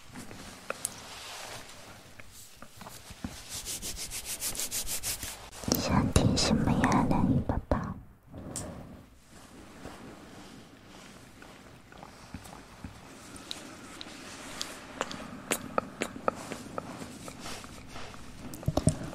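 Soft mouth sounds with quick wet clicks and rubbing textures, swelling into a louder breathy burst around six seconds before settling back.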